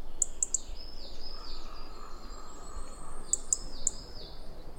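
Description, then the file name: European robin giving sharp, high ticking calls in two quick bursts of three, with soft arched chirps and a steady low rumble. "Erithacus rubecula"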